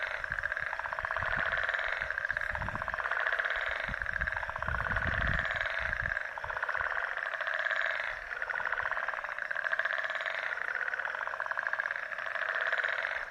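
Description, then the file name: Frog chorus, many pulsed, rattling calls overlapping in a steady, dense wash that swells and eases every couple of seconds, with low rumbling noise beneath. Frog chorus recorded in Mauritius. "Mauritius Frog Symphony"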